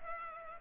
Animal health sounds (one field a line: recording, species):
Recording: mosquito wingbeat signal from an infrared sensor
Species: Culex pipiens